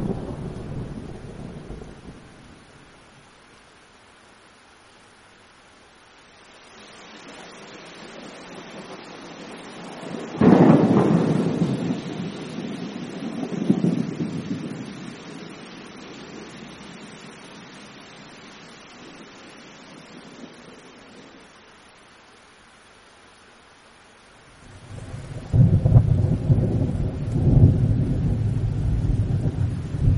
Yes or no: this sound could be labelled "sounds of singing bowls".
no